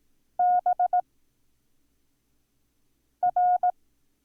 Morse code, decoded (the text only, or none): B R